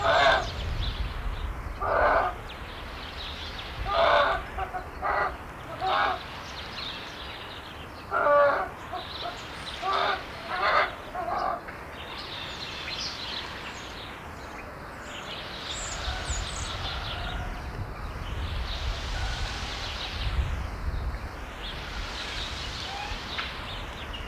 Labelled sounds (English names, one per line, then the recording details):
Japanese Macaque
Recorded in captivity
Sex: female
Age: adult
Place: Zoo Berlin, Berlin, DE
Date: 1994-02-05 10:00
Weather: heiter bis wolkig, 0 °C, Wind
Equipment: Marantz CP 430, Sennheiser MKH 416 T, Kopie Uher Variocord 263
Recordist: Tembrock, Günter